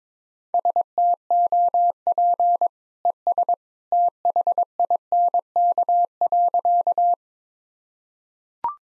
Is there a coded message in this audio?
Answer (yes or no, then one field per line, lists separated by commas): yes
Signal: Morse code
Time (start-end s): 0.5-7.1 s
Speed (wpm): 22 wpm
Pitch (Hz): 700 Hz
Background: none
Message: STOP ES THINK.